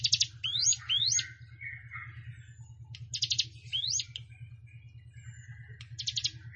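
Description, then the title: Plain prinia song: buzzy trill bursts mixed with rising slurred whistles, over a constant low hum. "Ciblek Sawah"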